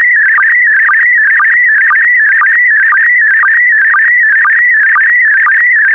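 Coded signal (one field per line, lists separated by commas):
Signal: SSTV (slow-scan television)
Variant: PD120 mode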